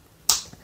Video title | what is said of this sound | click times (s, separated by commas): BLOKEES Transformers Galaxy Version Series 1 Roll Out: Case Opening and Review | push it in the hole and until you hear it click | 0.3 s